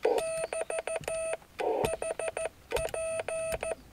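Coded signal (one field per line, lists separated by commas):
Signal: Morse code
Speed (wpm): 14 wpm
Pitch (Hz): 650 Hz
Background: none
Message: <BT> HP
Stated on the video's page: CW DX QSO on 28 MHz from a mobile station on a mountain ridge, sent by a learning operator.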